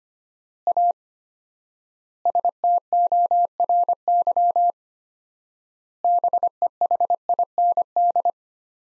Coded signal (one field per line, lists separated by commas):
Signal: Morse code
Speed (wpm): 25 wpm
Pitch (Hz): 700 Hz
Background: none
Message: A STORY BEHIND